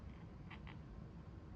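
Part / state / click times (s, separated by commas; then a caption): plastic piece into robot charge mount / not seated / none. A plastic piece, its two corners trimmed off with flush cutters, is being slid into the charge mount of a small combat robot. Against a steady low hiss, two brief mid-pitched sliding sounds occur at about 0.5 s and 0.7 s. The clip ends before the piece snaps in place, so nothing has seated yet.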